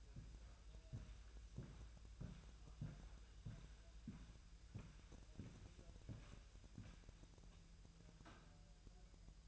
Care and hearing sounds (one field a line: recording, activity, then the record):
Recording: daily activity, microphone in the room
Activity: walk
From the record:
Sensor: 2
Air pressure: 1001.9 hPa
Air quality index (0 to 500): 232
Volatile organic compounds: 61 ppm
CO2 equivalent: 3430 ppm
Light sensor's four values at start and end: 7/16/7/7 and 7/17/7/7